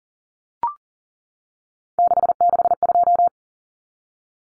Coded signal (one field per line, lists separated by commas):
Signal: Morse code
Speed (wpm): 40 wpm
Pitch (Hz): 700 Hz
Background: none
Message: 662